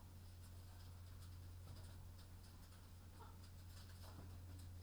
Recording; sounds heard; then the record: poultry house recording; sick chickens (respiratory disease)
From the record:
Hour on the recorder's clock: 22